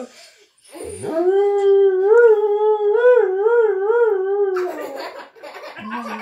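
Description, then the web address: Dog howling: a sustained tonal howl rising from a low start, holding steady with a wavering, undulating pitch for about three and a half seconds, then breaking into rougher noisy sounds. "uivar de cao"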